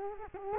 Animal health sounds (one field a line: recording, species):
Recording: mosquito wingbeat signal from an infrared sensor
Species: Culex quinquefasciatus